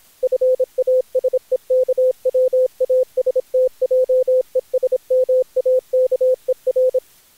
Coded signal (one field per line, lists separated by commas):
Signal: Morse code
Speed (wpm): 27 wpm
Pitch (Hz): 510 Hz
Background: none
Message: FASE KWASTJESMAKER